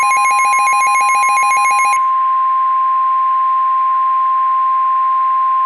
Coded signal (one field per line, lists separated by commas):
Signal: Emergency Alert System (SAME) tones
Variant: 1050 Hz attention tone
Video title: The Final Hours [Majora's Mask EAS Scenario]